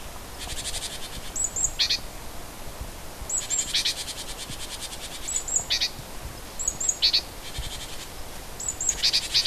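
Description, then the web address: Bird singing high, sliding whistles that fall steeply, interleaved with harsh buzzy chatter; phrases return every two seconds or so against a faint hiss. Native bird of a hedgerow. "oeko hecke vogel februar vogel f 1 4 heimisch"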